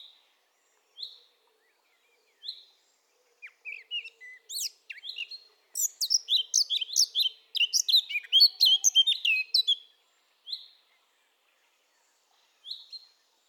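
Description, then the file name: Eurasian blackcap singing: soft single chip notes every second or so, then a fast, rich warbling burst of varied high notes for about six seconds, ending with scattered chips. "Sylvia atricapilla"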